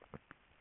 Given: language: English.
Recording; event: throat vibration sensor signal played as sound; swallow